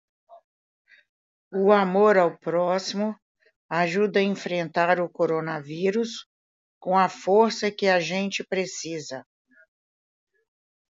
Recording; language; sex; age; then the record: spoken sentence; Brazilian Portuguese; female; 60 to 69 years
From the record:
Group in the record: control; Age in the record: 65 years